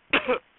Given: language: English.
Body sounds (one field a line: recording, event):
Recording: throat vibration sensor signal played as sound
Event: cough